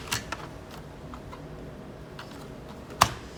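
An internal component is pressed into position inside a 2009 Mac Mini chassis during reassembly after a RAM and SSD upgrade. A few faint ticks and light handling sounds lead up to a single sharp snap at 3.0 s, and the part is seated.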